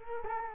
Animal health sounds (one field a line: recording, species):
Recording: mosquito wingbeat signal from an infrared sensor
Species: Culex quinquefasciatus